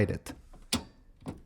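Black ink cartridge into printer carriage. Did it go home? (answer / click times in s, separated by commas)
yes / 0.7 s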